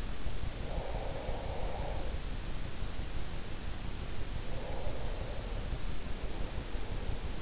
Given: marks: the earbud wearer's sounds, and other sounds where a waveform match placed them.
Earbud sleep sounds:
sounds in sleep by an in-ear microphone; breath
0.50-3.47 s: breath
4.51-7.42 s: breath

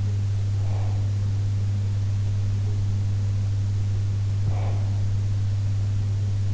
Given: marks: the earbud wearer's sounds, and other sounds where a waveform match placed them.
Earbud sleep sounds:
sounds in sleep by an in-ear microphone; breath
0.65-1.07 s: breath
4.49-5.09 s: breath

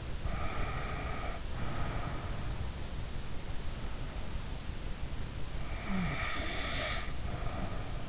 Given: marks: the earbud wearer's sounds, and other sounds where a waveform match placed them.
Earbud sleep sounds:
sounds in sleep by an in-ear microphone; breath, snoring breath
0.29-2.62 s: breath
5.77-8.09 s: snoring breath

